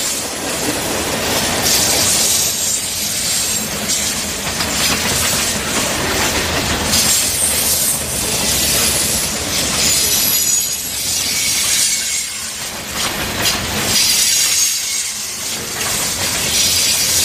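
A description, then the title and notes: A train rolls along the tracks with a steady, dense rumble and clatter that holds for the whole stretch. A high, hissing screech of the wheels rides on top throughout, swelling and easing every few seconds, with brief dips around ten and fifteen seconds. Train On Tracks.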